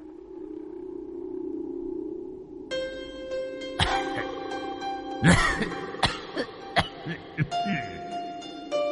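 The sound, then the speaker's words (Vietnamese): An old man coughs in the distance, a series of harsh, irregular bursts over a low steady hum and a sustained tonal drone that enters partway through. “Ở phía xa xa, vẫn còn vọng lại tiếng ho khổ khổ của lão nhân.”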